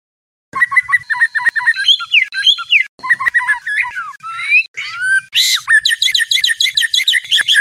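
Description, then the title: White-rumped shama singing a varied medley of chattering notes, swooping whistles and a harsh burst, ending in rapid repeated chirps. Training recording for cage birds. "MURAI BATU LABAIK"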